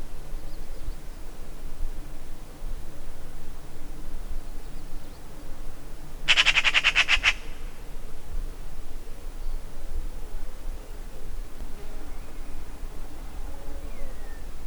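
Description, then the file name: Eurasian magpie making a single burst of fast, harsh chattering notes lasting about a second, set against a constant low background rumble. "Pica pica"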